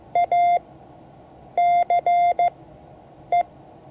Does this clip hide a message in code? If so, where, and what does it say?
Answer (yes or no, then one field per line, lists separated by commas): yes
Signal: Morse code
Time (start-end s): 0.2-3.4 s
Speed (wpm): 15 wpm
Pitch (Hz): 700 Hz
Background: none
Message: ACE